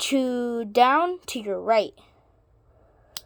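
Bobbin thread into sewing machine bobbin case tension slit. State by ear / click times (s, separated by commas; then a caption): seated / 3.2 s. Someone talks, then the bobbin thread is pulled down and to the right through the slit of a sewing machine's bobbin case so it slips under the tension spring. A faint, brief tiny click is heard at 3.2 s as the thread seats into the tension slit.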